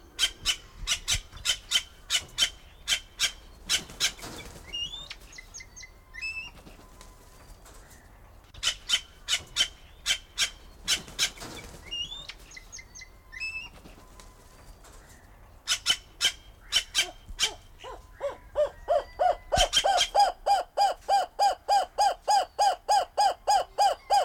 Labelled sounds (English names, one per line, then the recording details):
White-tailed Jay call
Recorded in captivity
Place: Timmendorfer Strand, Holsteinische Schweiz, Schleswig-Holstein, DE
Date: 1992-09-21 16:30
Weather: sonnig, 22°C
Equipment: Marantz CP 430, Sennheiser ME 80, Kopie Tesla B 116
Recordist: Tembrock, Günter